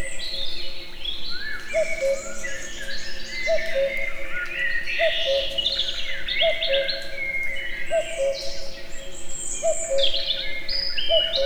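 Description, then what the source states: Common cuckoo calling cu-coo in a regular series of about seven falling note pairs, set against a dense, lively background of songbird chatter. Recorded in nature near Eger; calls heard both far and near.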